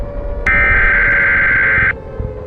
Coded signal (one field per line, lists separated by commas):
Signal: Emergency Alert System (SAME) tones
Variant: header bursts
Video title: EAS Scenario: World War 3 Part 2- The Worldwide Invasion